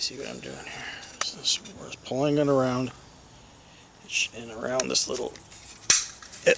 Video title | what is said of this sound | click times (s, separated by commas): Truck Repair Part 3 | snaps right into place see that | 5.9 s